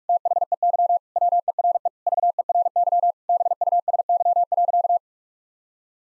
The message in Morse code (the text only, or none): THEY WERE VERY BUSY.